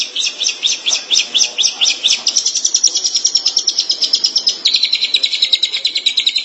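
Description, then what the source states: Long-tailed shrike song: steady, rapid high chirps throughout, the notes at first spaced and then merging into a faster continuous trill. Recorded in March 2017.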